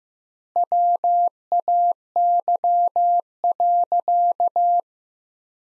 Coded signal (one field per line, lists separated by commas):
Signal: Morse code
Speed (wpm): 15 wpm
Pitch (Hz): 700 Hz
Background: none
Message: WAY.